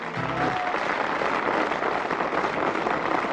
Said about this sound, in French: Pourquoi le monde applaudit? C'est parce qu'il a fini de chanter et on s'en va à l'entrevue.